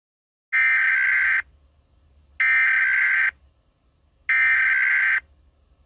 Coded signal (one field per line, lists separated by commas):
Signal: Emergency Alert System (SAME) tones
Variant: header bursts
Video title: EAS SCENARIO 12: Godzilla Barney Attack